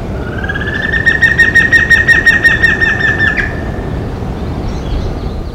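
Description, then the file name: Giant antshrike song: a rising lead-in note into a fast, steady roll of repeated notes lasting over two seconds, ending in a brief higher note, over low background noise. Recorded at Cantareira, São Paulo, Brazil, on 22 August 1997. "Batara cinerea PECantareira SP Brazil"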